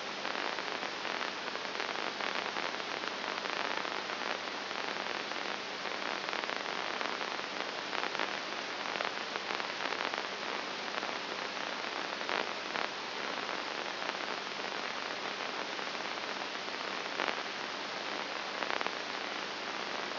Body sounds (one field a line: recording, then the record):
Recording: brain microelectrode recording played as sound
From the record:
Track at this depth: inside the subthalamic nucleus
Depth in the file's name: 2.701 mm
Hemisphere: right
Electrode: 2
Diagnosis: Parkinson's disease